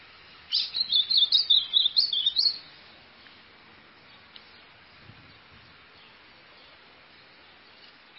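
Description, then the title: White-throated seedeater singing a quick, high, bouncing phrase of many sweet chirped notes, then quiet until a brief sharp sound at the very end. "Canto Do Golinha"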